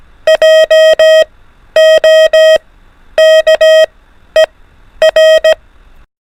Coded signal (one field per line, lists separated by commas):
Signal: Morse code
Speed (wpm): 17 wpm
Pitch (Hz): 630 Hz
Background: none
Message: JOKER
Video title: FOR ADVANCED TRY THIS INCREASED SPEED 24 WPM / ALPHABET ONLY MORSE CODE PRACTICE